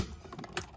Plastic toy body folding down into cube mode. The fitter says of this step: push it down until it clicks that's a little louder and tougher than it should have been because